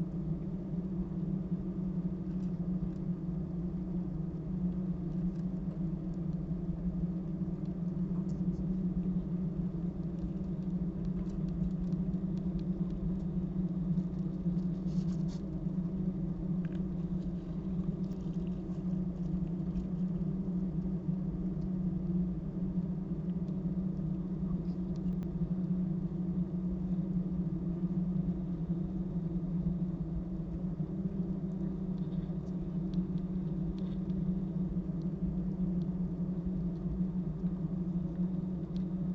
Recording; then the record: honeybee colony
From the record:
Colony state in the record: active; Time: day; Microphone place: top of hive